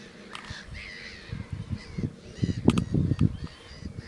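Spoonbill grunting calls, a quick run of low guttural pulses that swells and then fades.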